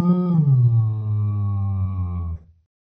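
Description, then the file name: Sheep uttering a single deep baa that dips in pitch early and then holds steady for about two seconds before trailing off. "Schaf"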